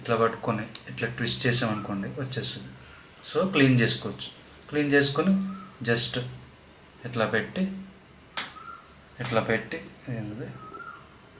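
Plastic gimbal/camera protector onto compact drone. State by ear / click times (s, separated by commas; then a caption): seated / 8.4 s. A plastic gimbal protector is twisted off a DJI Mini 3 Pro compact drone so the camera can be cleaned. It is then placed back onto the drone's camera and pressed on, while someone talks. It clicks into place with a short, sharp snap at 8.4 s.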